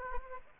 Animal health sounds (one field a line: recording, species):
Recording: mosquito wingbeat signal from an infrared sensor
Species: Aedes aegypti